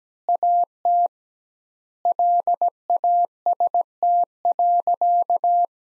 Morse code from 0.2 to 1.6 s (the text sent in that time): AT